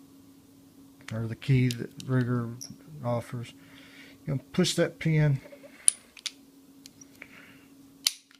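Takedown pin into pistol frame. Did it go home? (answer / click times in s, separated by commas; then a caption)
yes / 8.1 s. Someone talks while the steel takedown pin of a Ruger LC9 pistol is pushed with a punch or the supplied key the rest of the way into the frame. Several sharp taps follow the talking, and the last sharp hit at 8.1 s is the pin clicking into place, seated.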